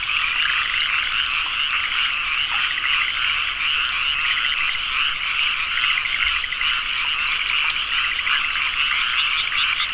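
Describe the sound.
Frogs calling continuously in a large chorus, rapid pulsed notes blending into a steady shrill rattle.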